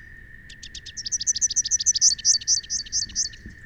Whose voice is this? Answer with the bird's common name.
Rufous-capped Warbler